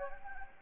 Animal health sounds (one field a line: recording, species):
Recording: mosquito wingbeat signal from an infrared sensor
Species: Anopheles gambiae